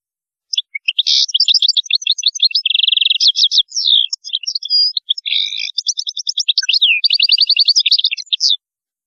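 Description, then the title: European goldfinch song, one continuous tumbling stream of high liquid twitters, chattering trills and a buzzy run, lasting about eight seconds in a quiet background. "Chant Chardonneret"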